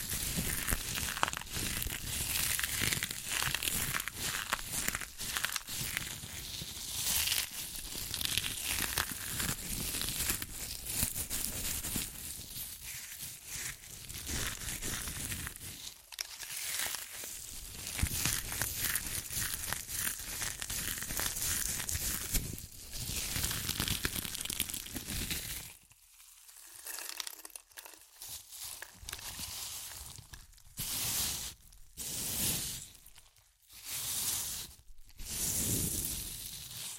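Crunchy chips are crushed and eaten in a dense, nearly continuous run of crackling and crinkling, full of sharp bright snaps. Around 26 seconds the noise thins out, and after that the crunches arrive as separate bursts with brief quiet gaps between them.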